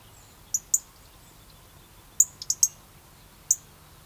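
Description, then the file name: European robin utters sharp, very high tick calls, a quick cluster in the middle, with soft background hum. "Erithacus rubecula"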